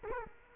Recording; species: mosquito wingbeat signal from an infrared sensor; Culex quinquefasciatus